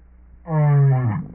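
Whale giving a single low tonal moan rich in harmonics, holding steady for under a second before dipping slightly at the end, with a quiet low hum beneath.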